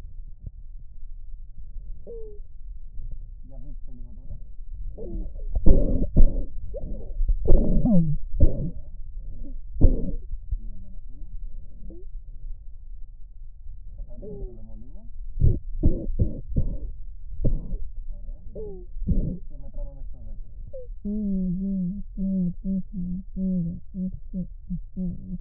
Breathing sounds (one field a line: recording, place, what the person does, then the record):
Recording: lung sounds by stethoscope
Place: right anterior apical chest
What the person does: quiet breathing, then cough and speech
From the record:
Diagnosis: asthma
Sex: female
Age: 56 years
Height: 161 cm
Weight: 85 kg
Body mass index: 32.8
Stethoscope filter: extended mode